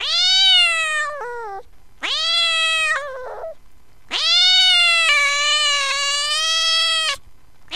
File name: Gato Miando